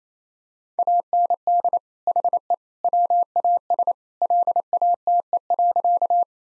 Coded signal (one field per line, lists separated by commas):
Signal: Morse code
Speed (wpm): 28 wpm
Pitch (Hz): 700 Hz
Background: none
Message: AND HE WAS LATE.